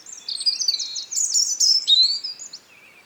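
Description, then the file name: European robin singing a quick, high, sweet phrase of sliding whistles and fluttering notes that fades at the end. "Erithacus rubecula"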